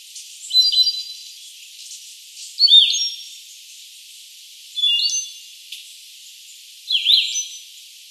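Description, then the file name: Andean solitaire song: four short bursts of high, fluty whistles and quick downslurred notes, spaced about two seconds apart, with faint background hiss. "Andean Solitaire Myadestes ralloides"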